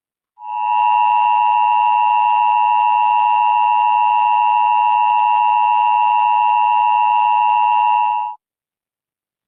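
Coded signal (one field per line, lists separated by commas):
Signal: Emergency Alert System (SAME) tones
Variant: 853 and 960 Hz attention tone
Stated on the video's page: Simulated EAS scenario made with EAS Simulator Pro software, not a real alert.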